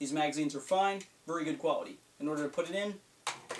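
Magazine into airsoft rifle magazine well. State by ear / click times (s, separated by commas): seated / 3.3 s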